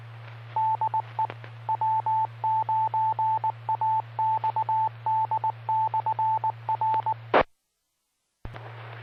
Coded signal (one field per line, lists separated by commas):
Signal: Morse code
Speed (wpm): 19 wpm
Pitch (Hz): 910 Hz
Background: radio noise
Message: DE W9AXD/R